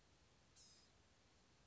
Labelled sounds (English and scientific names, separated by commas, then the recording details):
Blue-gray Gnatcatcher (Polioptila caerulea)
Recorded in Sonoma County, California